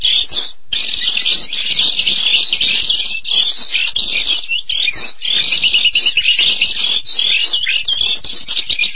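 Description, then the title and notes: Starling singing a continuous harsh chatter of buzzy, grating phrases and thin squeaks, with one short gap near the start. "suara burung jalak"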